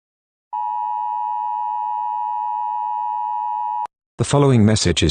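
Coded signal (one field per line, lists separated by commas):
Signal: Emergency Alert System (SAME) tones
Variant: 853 and 960 Hz attention tone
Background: speech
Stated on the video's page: Fictional EAS scenario about a coup, not a real alert.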